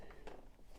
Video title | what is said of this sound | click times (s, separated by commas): Oreck upright vacuum review. | it snaps into the bracket | 0.3 s